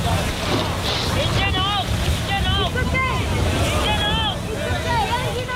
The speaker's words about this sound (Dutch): Ja, je hoort hier een rubberboot van Artsen zonder Grenzen die eigenlijk moederschip heeft verlaten en richting dat gammele schip gaat met 440 vluchtelingen.